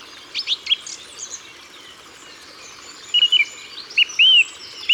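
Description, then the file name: Song thrush song in short bursts: a few sharp notes, a pause, then clear arched whistles and a quick repeated figure. Ardèche, France. "Grive-Musicienne-Concerts-Naturels-De-l Ardeche"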